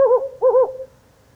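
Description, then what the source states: Hume's owl, a wavering hoot cut off at the start, then a second, doubled wavering hoot. Male giving compound hooting during a lunar eclipse.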